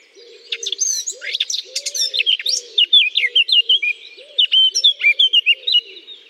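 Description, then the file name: Eurasian blackcap warbling rapidly in high, varied twittering and whistled phrases while soft low cooing repeats steadily in the background. Singing in holly. "chant de fauvette a tete noire dans houx"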